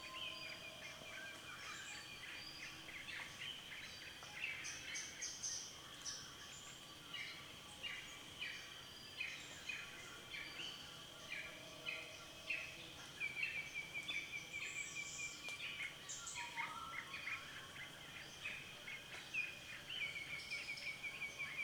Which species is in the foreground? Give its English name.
Yellow-spotted Barbet